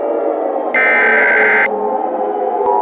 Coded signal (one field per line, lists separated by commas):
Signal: Emergency Alert System (SAME) tones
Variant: header bursts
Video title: EAS MOCK | Arizona criminal.